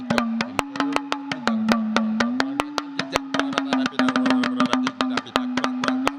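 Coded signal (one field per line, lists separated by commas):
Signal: talking drum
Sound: fast, dense drum strokes with a sustained low hum that slowly rises and falls in pitch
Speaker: instrument called talking drum and the talking drum can speak and the talking drum can talk in the ancestral way before electricity doesn't exist and we do able to create a drum and the drum can able to communicate enter village and I can able and this is what we call the talking drum and the talking drum what's does is to connect and to communicate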